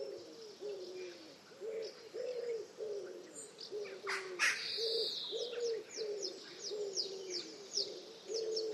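Pigeon cooing: low, throaty coos repeated steadily throughout, over scattered high twittering from other birds and a brief bright whistle midway.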